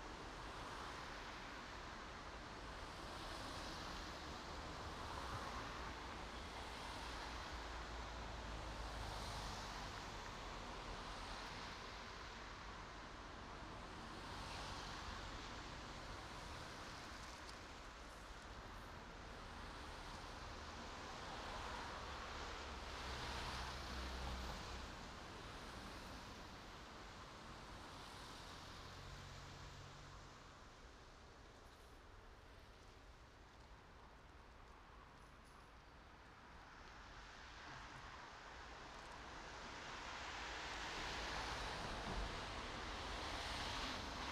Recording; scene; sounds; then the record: everyday scene through a hearing-aid microphone; in traffic; traffic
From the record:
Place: main road on the outskirts, rush hour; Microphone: in the ear canal, right